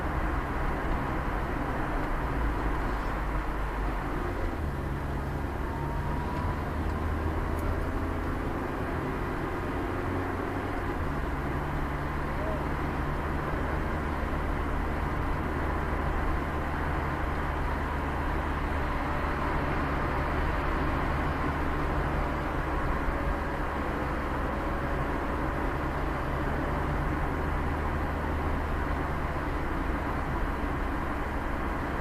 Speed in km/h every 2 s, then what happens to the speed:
22, 26, 27, 29, 29, 32, 35, 36, 37, 34, 30, 22, 15, 12, 10, 11.
0-16 speeds up to 37. 16-25 slows to 12. 25-32 steady at about 11.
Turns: none.